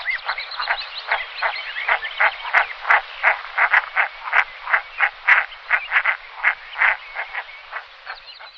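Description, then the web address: Common merganser giving rapid harsh croaking notes, about three per second, in an uneven run with some louder bursts. "jean roche harle bievre"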